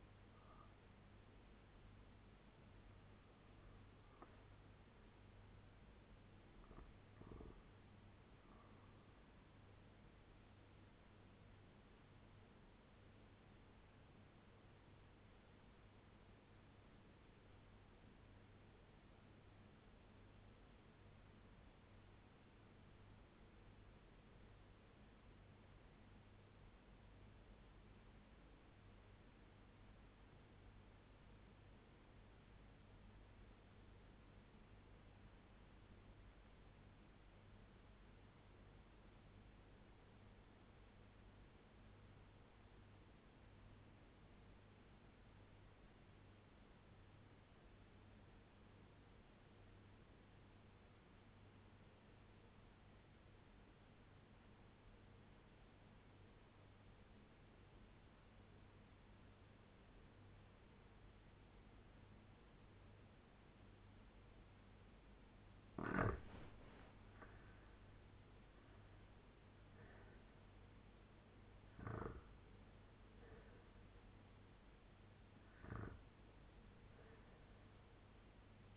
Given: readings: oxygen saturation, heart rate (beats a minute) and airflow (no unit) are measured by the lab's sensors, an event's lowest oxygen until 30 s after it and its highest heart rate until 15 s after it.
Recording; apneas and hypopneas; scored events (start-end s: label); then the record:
breathing in sleep by a voice recorder at the bedside; 1
17.00-67.30 s: obstructive apnea (REM, oxygen 98% highest, then 83% lowest, heart rate 91 at the start, 93 highest)
From the record:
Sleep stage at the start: REM sleep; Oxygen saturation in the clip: 80 to 98%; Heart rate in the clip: 49 to 93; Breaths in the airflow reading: 6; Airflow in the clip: -8.8 to 8.8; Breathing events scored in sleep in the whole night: 201 in 6.5 hours asleep